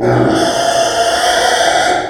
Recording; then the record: squeal of a Yucatan mini pig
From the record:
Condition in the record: before surgery on the right vocal fold (resection and tissue-engineered implant); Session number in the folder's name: 3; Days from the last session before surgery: 0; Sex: female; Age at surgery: 19 weeks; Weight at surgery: 25 kg